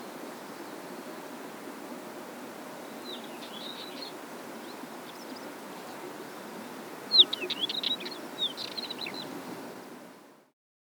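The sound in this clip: Northern wheatear song: two short scratchy, jumbled phrases several seconds apart, the second louder, over a steady low rushing background.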